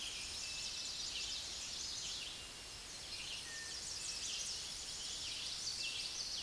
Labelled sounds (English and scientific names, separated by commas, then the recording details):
Chestnut-sided Warbler (Setophaga pensylvanica) song
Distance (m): 20 m
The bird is about 5 m above the microphone
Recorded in a Pennsylvania forest on 16 May 2024 at 06:02
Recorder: AudioMoth, point MSD-0079
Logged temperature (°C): 16.1 °C
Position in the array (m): 138 m, 91 m